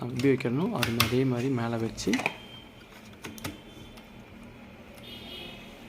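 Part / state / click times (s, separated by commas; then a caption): storage drive into desktop drive caddy clips / seated / 3.2 s, 3.4 s. A storage drive is set into the tool-less plastic clip bracket of a Dell Optiplex 7050 refurbished desktop and pressed lightly so the four side clips lock around it automatically. Someone talks for the first two seconds, then three short clicks come at 3.2, 3.4 and 3.5 seconds as the drive seats in the caddy clips.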